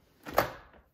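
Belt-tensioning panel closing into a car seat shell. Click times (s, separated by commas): 0.4 s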